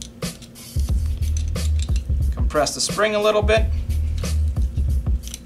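During reassembly of an M&P pistol, the recoil spring on its metal guide rod is compressed slightly, with the hex end toward the muzzle and the flat end being brought to the lip under the barrel in the slide. Someone talks over background music while faint handling taps and scrapes are heard. The rod has not snapped in yet, and nothing has seated or clicked.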